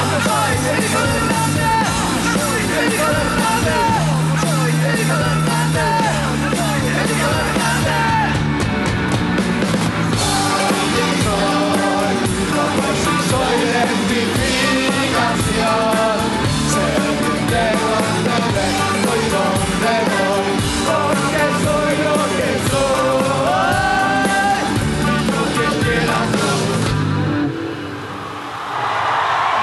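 A loud, dense rock song plays on the radio station AM870 Radio Nacional and Nacional Rock FM93.7, with driving distorted instruments and shouted vocals that push on without a break before dropping away abruptly at the very end.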